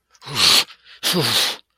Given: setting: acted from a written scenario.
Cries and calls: vocal sound without words; distress

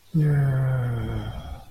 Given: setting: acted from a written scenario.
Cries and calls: vocal sound without words; serenity

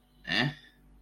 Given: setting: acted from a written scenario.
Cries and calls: vocal sound without words; confusion

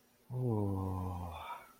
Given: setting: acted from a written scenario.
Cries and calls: vocal sound without words; contentment

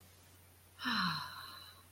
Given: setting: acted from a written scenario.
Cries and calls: vocal sound without words; serenity

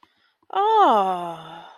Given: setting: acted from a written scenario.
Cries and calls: vocal sound without words; realization

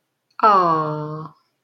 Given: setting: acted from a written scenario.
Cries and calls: vocal sound without words; adoration

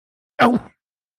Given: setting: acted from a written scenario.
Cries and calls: vocal sound without words; pain

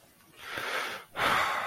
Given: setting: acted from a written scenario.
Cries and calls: vocal sound without words; guilt

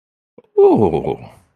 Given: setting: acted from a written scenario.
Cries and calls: vocal sound without words; positive surprise

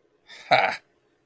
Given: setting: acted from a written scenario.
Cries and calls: vocal sound without words; pride

